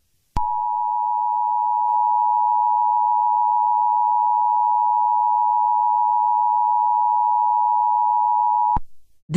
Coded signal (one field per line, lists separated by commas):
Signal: Emergency Alert System (SAME) tones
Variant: 853 and 960 Hz attention tone